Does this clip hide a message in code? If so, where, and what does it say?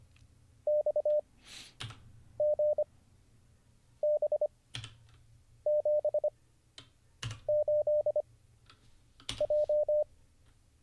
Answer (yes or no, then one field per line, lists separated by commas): yes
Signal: Morse code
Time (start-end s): 0.7-10.0 s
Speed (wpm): 25 wpm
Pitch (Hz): 600 Hz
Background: none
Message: X G B 7 8 J